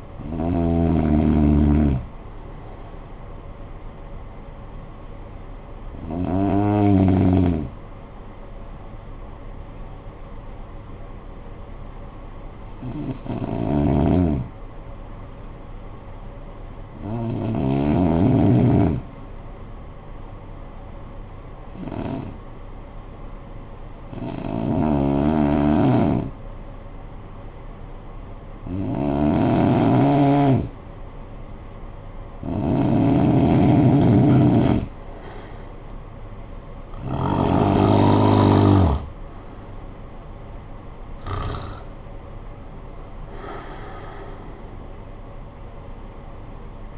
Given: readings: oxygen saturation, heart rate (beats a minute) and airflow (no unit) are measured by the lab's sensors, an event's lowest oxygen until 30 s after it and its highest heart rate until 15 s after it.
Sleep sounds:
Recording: breathing in sleep by a smartphone at the bedside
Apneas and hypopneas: 1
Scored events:
10.00-31.60 s: hypopnea (N2, oxygen 96% highest, then 88% lowest, heart rate 51 at the start, 68 highest)
From the record:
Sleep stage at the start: N2 (light sleep)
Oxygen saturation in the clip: 88 to 96%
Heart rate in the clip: 50 to 68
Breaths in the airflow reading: 10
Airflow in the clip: -12.2 to 9.3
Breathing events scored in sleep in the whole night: 445 in 7.6 hours asleep

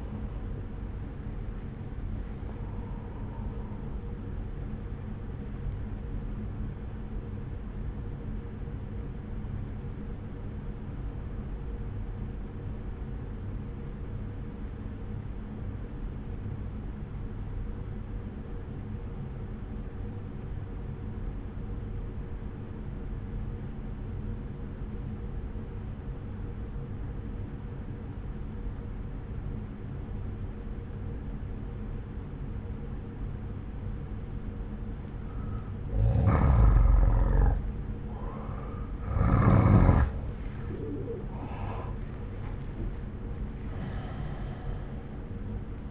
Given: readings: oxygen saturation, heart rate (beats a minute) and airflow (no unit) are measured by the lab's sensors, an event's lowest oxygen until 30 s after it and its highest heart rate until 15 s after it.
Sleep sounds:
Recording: breathing in sleep by a smartphone at the bedside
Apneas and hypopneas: 1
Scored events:
4.00-45.91 s: new sleep stage, N1 (lightest sleep)
7.00-37.90 s: obstructive apnea (N1, oxygen 95% highest, then 88% lowest)
From the record:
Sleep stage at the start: N2 (light sleep)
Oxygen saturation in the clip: 86 to 95%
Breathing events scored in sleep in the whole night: 303 in 8.1 hours asleep

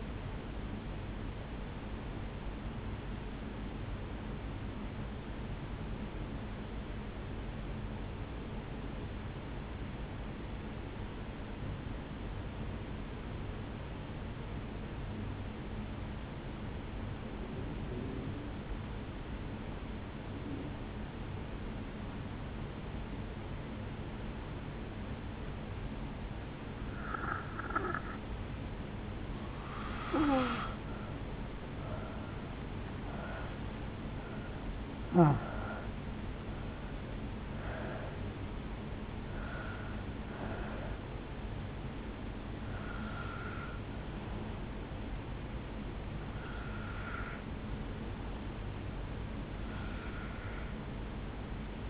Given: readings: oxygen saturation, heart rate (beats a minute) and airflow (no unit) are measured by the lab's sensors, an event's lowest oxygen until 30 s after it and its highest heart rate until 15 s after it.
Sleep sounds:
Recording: breathing in sleep by a voice recorder at the bedside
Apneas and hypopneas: 1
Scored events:
7.00-27.30 s: obstructive apnea (N2, oxygen 96% highest, then 79% lowest, heart rate 53 at the start, 74 highest)
25.00-51.90 s: new sleep stage, N1 (lightest sleep)
From the record:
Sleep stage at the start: N2 (light sleep)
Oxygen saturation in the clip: 79 to 96%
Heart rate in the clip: 51 to 74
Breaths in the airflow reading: 7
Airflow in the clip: -7.9 to 5.2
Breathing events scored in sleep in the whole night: 449 in 7.0 hours asleep

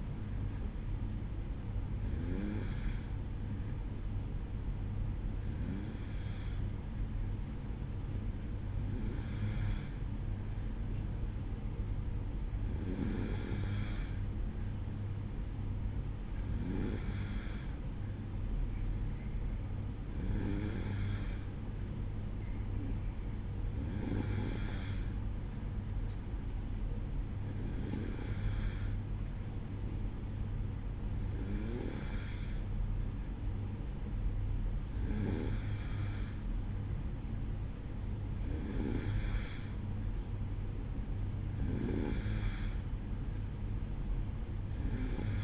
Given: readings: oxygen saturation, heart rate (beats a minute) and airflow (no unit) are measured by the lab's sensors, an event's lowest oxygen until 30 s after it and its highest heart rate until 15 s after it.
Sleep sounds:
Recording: breathing in sleep by a smartphone at the bedside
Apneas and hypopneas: none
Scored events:
none scored
From the record:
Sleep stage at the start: N2 (light sleep)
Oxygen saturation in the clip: 93 to 94%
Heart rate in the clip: 54 to 58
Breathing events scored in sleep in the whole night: 305 in 9.6 hours asleep

